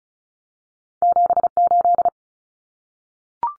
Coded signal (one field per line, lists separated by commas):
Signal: Morse code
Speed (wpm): 34 wpm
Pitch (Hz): 700 Hz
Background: none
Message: 78